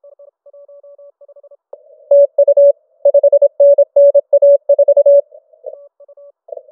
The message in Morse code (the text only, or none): TU 5NN A4